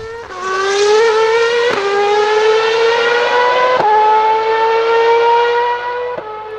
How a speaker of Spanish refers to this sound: Los motores rugen y rugen.